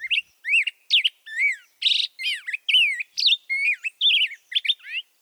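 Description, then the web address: Black-headed Grosbeak singing a varied warble of rich whistled phrases, slurred up and down, flowing steadily. "BIRD NOTE. Black headed Grosbeak"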